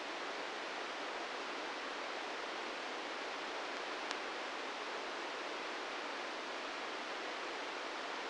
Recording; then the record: brain microelectrode recording played as sound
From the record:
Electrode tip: inside the subthalamic nucleus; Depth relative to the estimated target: -1 mm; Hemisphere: left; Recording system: NeuroSet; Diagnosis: Parkinson's disease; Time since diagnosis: 13 years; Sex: male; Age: 66 years